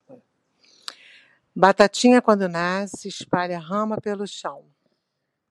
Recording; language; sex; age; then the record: short text; Brazilian Portuguese; female; 60 to 69 years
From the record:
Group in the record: control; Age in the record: 63 years